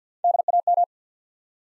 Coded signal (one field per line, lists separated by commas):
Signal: Morse code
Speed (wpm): 50 wpm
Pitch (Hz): 700 Hz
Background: none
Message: DAM